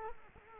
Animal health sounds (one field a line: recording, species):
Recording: mosquito wingbeat signal from an infrared sensor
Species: Culex quinquefasciatus